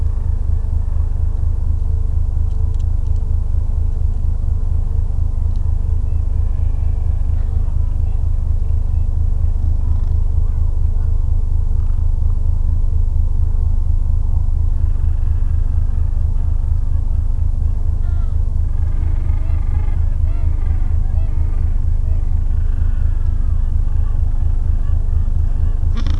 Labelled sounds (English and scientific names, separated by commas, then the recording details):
Gentoo Penguin (Pygoscelis papua)
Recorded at the colony at Pleneau Island, Antarctica, on 3 January 2015
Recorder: Song Meter SM2+